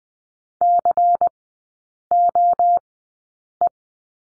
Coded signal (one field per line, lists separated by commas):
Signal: Morse code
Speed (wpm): 20 wpm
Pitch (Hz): 700 Hz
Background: none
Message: COE